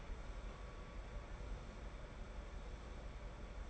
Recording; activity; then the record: daily activity, microphone in the room; open door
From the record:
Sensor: 5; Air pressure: 1015.3 hPa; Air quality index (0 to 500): 215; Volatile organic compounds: 12 ppm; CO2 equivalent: 2330 ppm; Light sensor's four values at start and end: 35/80/32/31 and 35/80/32/31